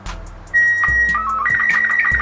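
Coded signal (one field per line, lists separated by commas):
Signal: SSTV (slow-scan television)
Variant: Robot 36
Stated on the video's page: SSTV images sent by amateur radio, including SSTV received from the International Space Station.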